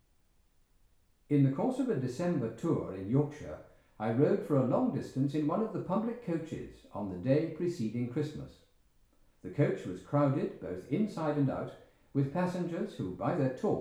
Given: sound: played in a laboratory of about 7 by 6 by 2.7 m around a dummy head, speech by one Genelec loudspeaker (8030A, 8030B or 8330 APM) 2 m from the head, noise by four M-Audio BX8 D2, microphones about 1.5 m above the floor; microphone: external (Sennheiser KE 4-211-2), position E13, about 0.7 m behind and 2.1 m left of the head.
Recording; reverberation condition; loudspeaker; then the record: male speech in English; medium; 90 degrees to the left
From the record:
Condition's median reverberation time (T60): about 510 ms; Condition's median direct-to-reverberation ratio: about -0.5 dB